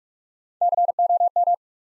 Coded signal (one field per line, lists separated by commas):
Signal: Morse code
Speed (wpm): 44 wpm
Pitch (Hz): 700 Hz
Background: none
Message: COM